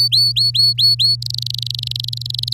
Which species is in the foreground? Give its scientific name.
Serinus canaria